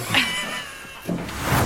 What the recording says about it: It's a proper gurgle, isn't it? That's really gurgly, isn't it? We've isolated it. That is super gurgly. And producer Scott's boosted the levels in case you didn't quite catch it.